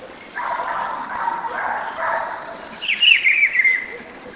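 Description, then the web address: Rufous-browed peppershrike song: a brief warbled, slightly descending whistled phrase after a stretch of broad, buzzy noise in the lower band. "cantos juanchiviro"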